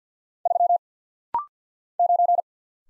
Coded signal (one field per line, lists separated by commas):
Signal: Morse code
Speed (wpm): 50 wpm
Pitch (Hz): 700 Hz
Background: none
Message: 3 9